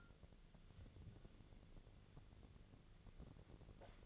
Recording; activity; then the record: daily activity, microphone in the room; take from stove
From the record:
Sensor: 4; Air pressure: 1000.8 hPa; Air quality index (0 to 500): 126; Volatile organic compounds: 1 ppm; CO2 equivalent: 948 ppm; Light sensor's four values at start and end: 41/100/42/47 and 43/104/44/48